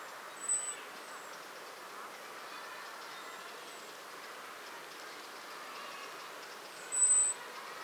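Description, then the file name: Eurasian blackbird giving two short thin high notes, one near the start and one near the end, over steady background noise. "Turdus merula"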